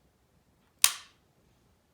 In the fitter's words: okay there's my audible click